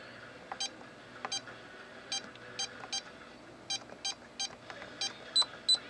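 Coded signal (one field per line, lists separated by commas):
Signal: none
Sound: plotter's error beeps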